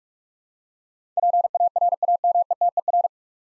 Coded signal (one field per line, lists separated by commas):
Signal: Morse code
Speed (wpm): 46 wpm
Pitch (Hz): 700 Hz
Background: none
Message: PARAMETER